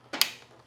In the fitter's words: You can hear it click.